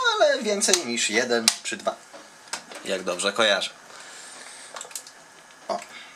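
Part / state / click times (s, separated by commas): disk drive into laptop drive bay / not seated / none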